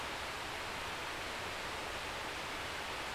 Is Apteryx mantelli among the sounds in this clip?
no